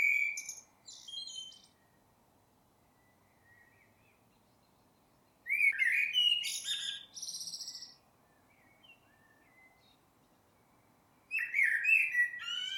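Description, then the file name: Common blackbird giving three song phrases, mellow whistled warbling with sharp, high twittering endings, separated by quiet gaps of several seconds. "Turdus merula"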